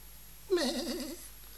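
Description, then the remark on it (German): A goat lets out a single wavering bleat, a loud, quavering, mid-pitched cry lasting just over half a second, with no voices around it. “Nein, halt nicht die Ziege.”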